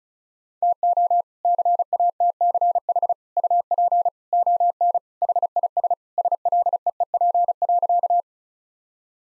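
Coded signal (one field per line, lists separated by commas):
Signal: Morse code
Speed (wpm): 36 wpm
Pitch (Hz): 700 Hz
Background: none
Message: TO CATCH UP ON HIS SLEEP.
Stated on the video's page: Morse code practice at 35 wpm sending all-age jokes, with context given beforehand as priming.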